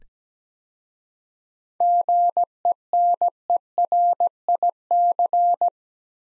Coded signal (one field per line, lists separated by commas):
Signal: Morse code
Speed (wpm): 17 wpm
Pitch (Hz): 700 Hz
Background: none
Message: GENERIC